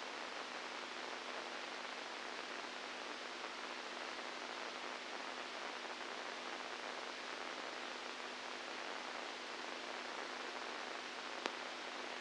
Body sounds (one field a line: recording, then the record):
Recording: brain microelectrode recording played as sound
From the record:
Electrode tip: inside the subthalamic nucleus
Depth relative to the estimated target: -2 mm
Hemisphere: right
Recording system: NeuroSet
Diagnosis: Parkinson's disease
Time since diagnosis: 10 years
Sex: female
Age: 67 years